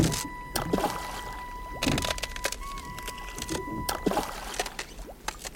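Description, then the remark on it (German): A rowboat scrapes and is shoved into lake water covered by a thin layer of ice, with irregular bursts of sloshing and splashing over about six seconds, followed by softer trickles and lapping. “Wir gingen hinunter zum See und schoben das Boot ins Wasser.”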